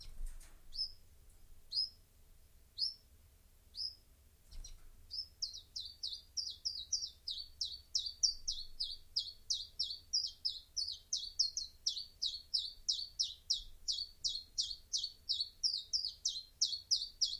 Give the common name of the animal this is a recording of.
Common Chiffchaff